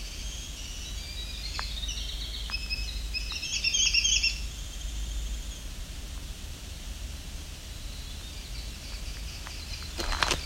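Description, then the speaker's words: Winter Wren song, a run of high, rapid tinkling trills and warbles in the first half, then quieter with a short crackle near the end. Entrance of a nature preserve at Alvar Bay near Lake Huron, said to be full of winter wrens; a very buggy day. "As you can hear, it's full of winter wren."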